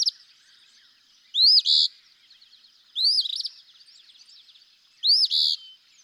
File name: Eastern Phoebe